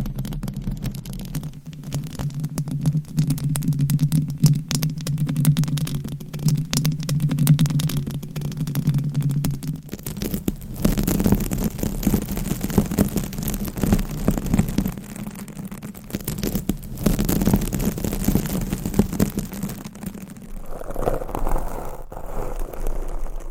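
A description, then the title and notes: Nails scratch and rub across a microphone cover, a dense, steady rasping with a low hum running underneath for the first ten seconds. After that the scratching turns rougher and more uneven, and near the end it softens into a duller, muffled rubbing. ASMR with 400 MICS!Different Mic Covers & Nails Mic Scratching , Massage & More No Talking.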